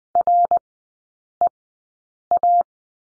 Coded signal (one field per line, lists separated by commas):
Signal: Morse code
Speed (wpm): 20 wpm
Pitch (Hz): 700 Hz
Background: none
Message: REA